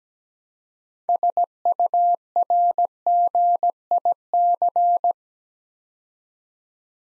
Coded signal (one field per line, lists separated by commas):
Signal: Morse code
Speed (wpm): 17 wpm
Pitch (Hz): 700 Hz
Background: none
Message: SURGIC